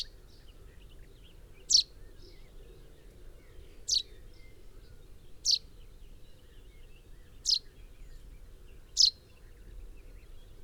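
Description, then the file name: Common chaffinch giving a series of five brief, high, falling call notes at slightly irregular intervals of roughly two seconds, with a constant low rumble behind. "Fringilla coelebs"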